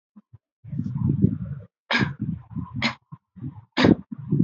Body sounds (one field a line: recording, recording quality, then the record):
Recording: shallow voluntary cough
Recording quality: moderate, slight background noise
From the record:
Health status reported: healthy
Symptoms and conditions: none ticked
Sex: female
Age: 24 years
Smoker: not ticked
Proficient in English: yes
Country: India